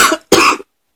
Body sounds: coughing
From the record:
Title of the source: 64 coughing, allergies, singing lungs

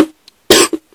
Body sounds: coughing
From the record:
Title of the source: 55 gaggy wet cough

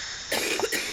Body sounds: coughing mixed with background sound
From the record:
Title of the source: 60 coughing still (deep and wet cough)

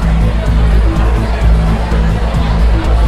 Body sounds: background sound without coughing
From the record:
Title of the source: Party Noise 1 Hour Party Ambience

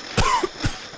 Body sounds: coughing mixed with background sound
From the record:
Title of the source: Coughing 51

